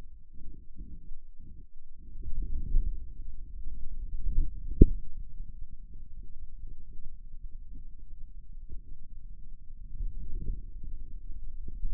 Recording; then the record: forearm muscle sounds (acoustic myography)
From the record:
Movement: outward rotation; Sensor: system 2, bracelet of six BSWA MPA416 microphones around the upper forearm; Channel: 2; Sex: male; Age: 22 years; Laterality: right